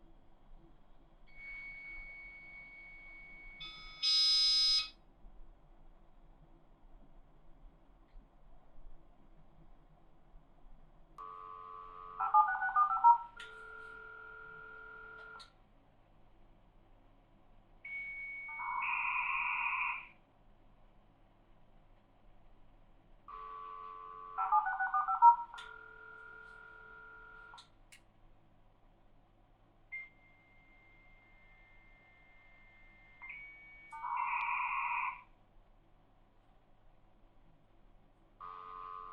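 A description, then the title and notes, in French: Dial-up modem connection sounds: steady electronic tones that switch pitch in blocks, with a bright hissing burst near five seconds. Paired mid and high tones return in short bursts around 12, 19, 25 and 34 seconds, separated by long, thin held beeps and quiet gaps. Sons du modem commuté, de 300 bps à 56K. Le son d'une connexion à distance à certaines des vitesses les plus courantes, notamment 300, 1200, 2400, 9600, 14 400, 33 600 et 56K.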